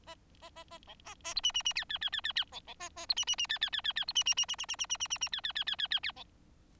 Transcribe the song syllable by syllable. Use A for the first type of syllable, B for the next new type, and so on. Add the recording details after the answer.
A A A A B A A C D D D E E E E E E B B A A C D D D E E E E E C D D D D D D D D D D D E E E E E E E B. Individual Bird4